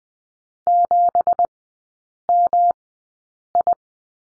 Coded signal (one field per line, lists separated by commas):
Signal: Morse code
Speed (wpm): 20 wpm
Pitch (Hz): 700 Hz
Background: none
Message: 7MI